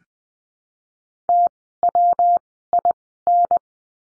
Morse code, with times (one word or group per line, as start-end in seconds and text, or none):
1.3-1.5 T
1.8-2.4 W
2.7-2.9 I
3.3-3.6 N